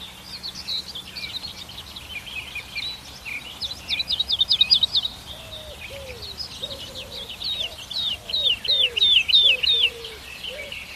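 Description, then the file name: Lark with a continuous, high, jumbled twittering song, while a lower, softer note repeats in the second half. "Bird Lark Sound"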